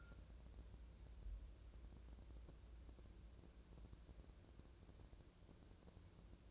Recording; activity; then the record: daily activity, microphone in the room; wipe stove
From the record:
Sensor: 2